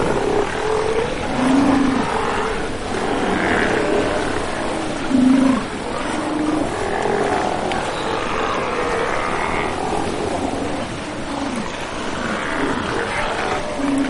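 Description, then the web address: Steller sea lion chorus, a dense wash of overlapping growls and bellows with a few louder honking calls standing out near two and five seconds. "earth naturelibrary assets s st steller sea lion"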